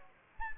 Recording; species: mosquito wingbeat signal from an infrared sensor; Anopheles gambiae